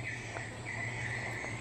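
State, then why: Not seated. A plastic wiring harness connector on a motorcycle, after its cable has been spliced, is held and lined up by hand with its mating connector before being pushed together. Only faint handling noise over a steady hum and an insect-like high whine is heard, and the connector has not yet seated or clicked.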